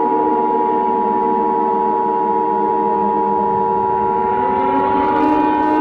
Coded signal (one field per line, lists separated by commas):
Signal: Emergency Alert System (SAME) tones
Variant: 853 and 960 Hz attention tone